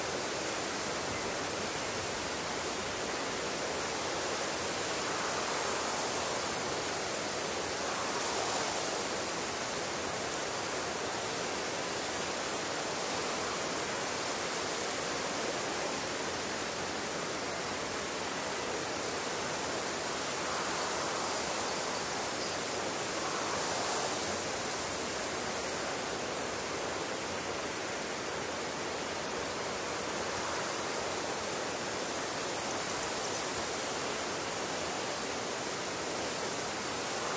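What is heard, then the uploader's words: Wind blows steadily across purple loosestrife flowers, a dense, even rush of airy hiss that stays at nearly the same level throughout. Slightly brighter swells of rustling come through now and then, around 6, 9, 21, 24 and 30 seconds. It is a lovely day to sit by the flower fields outside of town. The sound of the wind blowing across the purple loosestrife flowers.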